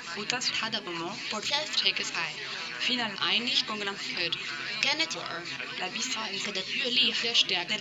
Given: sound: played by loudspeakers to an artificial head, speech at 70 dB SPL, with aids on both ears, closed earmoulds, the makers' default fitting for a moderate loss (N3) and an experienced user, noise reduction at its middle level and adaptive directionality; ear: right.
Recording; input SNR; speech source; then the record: speech test signal (ISTS) in cocktail-party noise; +3 dB; on the right (90 degrees)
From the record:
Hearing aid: class 1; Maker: A